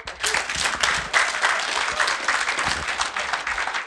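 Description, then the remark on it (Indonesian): An audience bursts into steady applause, many hands clapping in a dense, even patter that holds at a fairly loud level for several seconds without any voices over it. “Tepuk tangan dulu.”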